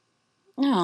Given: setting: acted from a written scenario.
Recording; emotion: vocal sound without words; disappointment